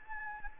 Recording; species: mosquito wingbeat signal from an infrared sensor; Anopheles gambiae